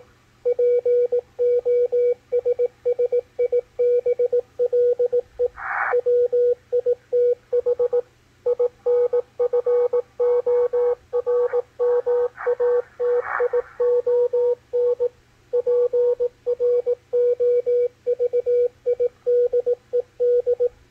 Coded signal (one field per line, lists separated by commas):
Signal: Morse code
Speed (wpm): 18 wpm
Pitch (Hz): 490 Hz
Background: radio noise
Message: POSSIBLE WITH INFORMATION PROVIDED